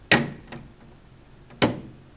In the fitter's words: push the cover forward until it securely snaps into place be very careful not to get your fingers pinched while snapping the cover in place